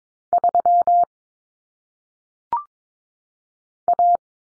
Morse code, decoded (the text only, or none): 3 A